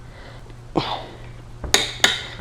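A click-type torque wrench set to 44 ft-lb tightens a rear sprocket nut on a motorcycle wheel hub during a Vortex rear sprocket install with a D.I.D. chain. After a duller knock near 0.8 s, the wrench gives two sharp clicks at 1.7 s and 2.0 s. The nut reaches its set torque.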